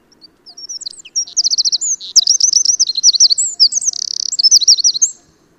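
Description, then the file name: Eurasian wren song, a loud, very high, rapid outpouring of sharp notes and fast rattling trills lasting about four seconds, in an otherwise quiet setting. "Troglodytes troglodytes"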